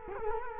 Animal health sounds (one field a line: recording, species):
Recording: mosquito wingbeat signal from an infrared sensor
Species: Culex quinquefasciatus